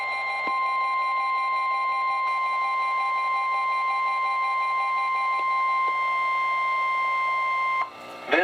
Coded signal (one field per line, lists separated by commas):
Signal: Emergency Alert System (SAME) tones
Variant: 1050 Hz attention tone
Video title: EAS #188-#196: Small Event and a Random RMT | KHB36 & WINC